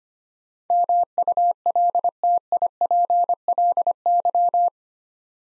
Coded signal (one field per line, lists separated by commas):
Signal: Morse code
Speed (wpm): 25 wpm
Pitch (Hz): 700 Hz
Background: none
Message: MULTIPLY